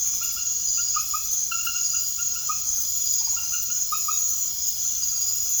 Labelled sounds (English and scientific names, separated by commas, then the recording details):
none
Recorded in secondary vegetation near Puerto Asís, Putumayo, Colombia, on 21 March 2025 at 22:30
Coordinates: 0.489, -76.322
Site G042